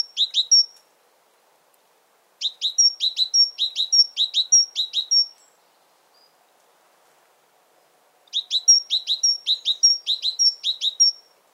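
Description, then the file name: Great tit singing three bursts of rapid, high, metallic repeated two-note phrases separated by short silences. "Parus major"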